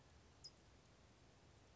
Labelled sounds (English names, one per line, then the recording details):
California Towhee
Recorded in Sonoma County, California